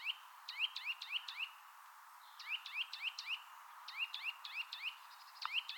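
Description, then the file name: Eurasian nuthatch calls: bright rising whistled notes delivered in fast runs of three or four, separated by short gaps, over soft background chirping. "Sitta europaea"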